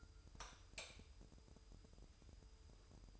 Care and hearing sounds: daily activity, microphone in the room; light off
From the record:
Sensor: 2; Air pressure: 988.3 hPa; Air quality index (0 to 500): 190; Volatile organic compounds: 178 ppm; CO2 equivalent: 4134 ppm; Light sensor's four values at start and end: 11/34/13/14 and 7/16/7/7

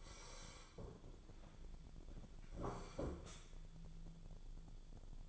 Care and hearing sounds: daily activity, microphone in the room; sit down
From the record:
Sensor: 5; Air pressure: 1015.3 hPa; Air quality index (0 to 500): 178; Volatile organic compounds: 6 ppm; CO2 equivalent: 1930 ppm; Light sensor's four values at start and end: 37/84/34/33 and 37/84/34/33

